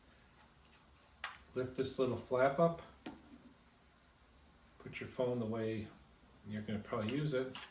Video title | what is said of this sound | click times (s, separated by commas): The Amazing HS720G Drone From Holy Stone | like that so now it clips so now you should be able to hear it click click up and down | 0.7 s, 1.2 s